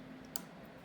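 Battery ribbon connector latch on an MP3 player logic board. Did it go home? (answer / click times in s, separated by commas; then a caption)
released / 0.4 s. A paperclip tool is run along the back side of the battery ribbon connector on an iPod Classic logic board while a spudger holds down the lighter part of the connector. A single sharp click at 0.4 s marks the connector's locking flap clicking open, releasing the latch.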